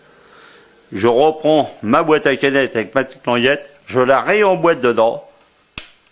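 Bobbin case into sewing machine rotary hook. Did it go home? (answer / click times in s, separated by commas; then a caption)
yes / 5.8 s. Someone talks while putting a metal bobbin case back into the rotary hook of a Siruba L818 industrial sewing machine and pushing it in. A single sharp click sounds at 5.8 s, showing the bobbin case is fully seated.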